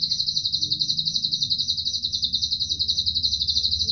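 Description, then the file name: Atlantic canary song: one unbroken, rapidly pulsing high-pitched trill throughout, with faint low background hum. Canary singing in the Cililin song style, used as fill (isian) material for training songbirds. "suara kenari isian cililin omkicau"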